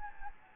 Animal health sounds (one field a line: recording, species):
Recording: mosquito wingbeat signal from an infrared sensor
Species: Anopheles gambiae